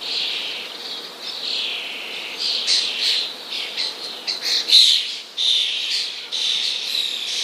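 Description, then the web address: Common starling giving continuous harsh, hissing squawks with louder grating bursts near the middle, a dense rasping chatter throughout. "wroblowe ptaki szpak"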